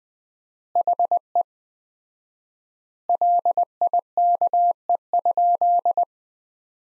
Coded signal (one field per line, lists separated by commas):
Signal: Morse code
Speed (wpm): 21 wpm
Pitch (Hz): 700 Hz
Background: none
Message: HE LIKE?